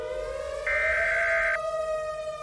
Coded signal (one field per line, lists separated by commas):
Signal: Emergency Alert System (SAME) tones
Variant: header bursts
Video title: Yellowstone. An EAS Scenario.